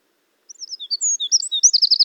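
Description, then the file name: Eurasian wren song fragment: scattered high chips and short whistled notes quickly building into a rapid, repeated trill that is cut off abruptly. "Troglodytes troglodytes"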